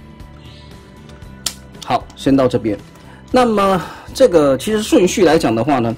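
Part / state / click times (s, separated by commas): plastic panel pushed into the vehicle body of a transforming robot toy / seated / 1.5 s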